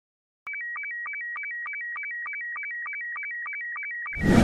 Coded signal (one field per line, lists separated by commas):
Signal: SSTV (slow-scan television)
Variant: Robot 72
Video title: Club Talk - Calderdale Radio Volunteers - 10/06/2025